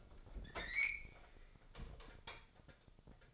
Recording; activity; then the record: daily activity, microphone in the room; open fridge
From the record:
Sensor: 5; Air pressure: 995.3 hPa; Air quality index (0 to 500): 96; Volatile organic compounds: 5 ppm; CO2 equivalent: 1823 ppm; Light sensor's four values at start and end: 26/64/25/23 and 29/68/27/25